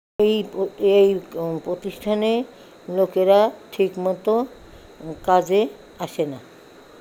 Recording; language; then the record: elicited speech; Bengali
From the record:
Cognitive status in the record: dementia